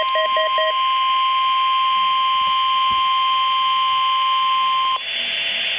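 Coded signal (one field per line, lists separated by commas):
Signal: Emergency Alert System (SAME) tones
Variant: 1050 Hz attention tone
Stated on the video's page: EAS test tones.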